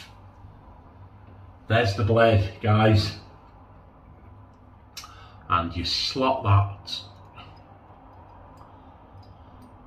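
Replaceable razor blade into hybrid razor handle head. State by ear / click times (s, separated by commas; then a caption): not seated / none. A Feather blade is lined up and slotted toward the back of the head of a OneBlade Hybrid Razor while someone talks in two bursts, around 1.7–3.1 s and 5.5–7.0 s, over a faint low hum. The handling is fumbling because of trouble with dexterity, and the blade has not yet clicked into place.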